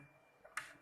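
With a NAND memory chip adapter for a Sony LED TV seated in the ZIF socket of an RT809H chip programmer, the socket's lock lever is pressed back down. A faint tick at 0.5 s leads into a sharp, bright tick at 0.6 s as the lever clicks shut, locking the adapter in place.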